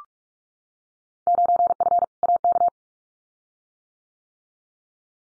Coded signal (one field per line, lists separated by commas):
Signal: Morse code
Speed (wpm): 45 wpm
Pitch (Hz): 700 Hz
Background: none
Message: 9F AK